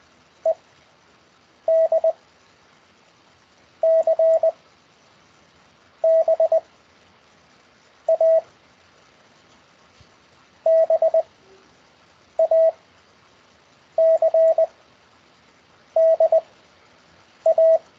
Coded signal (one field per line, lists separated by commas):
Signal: Morse code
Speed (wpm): 20 wpm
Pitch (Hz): 650 Hz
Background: none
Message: E D C B A B A C D A